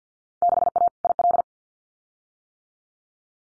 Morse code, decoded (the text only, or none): 6A IL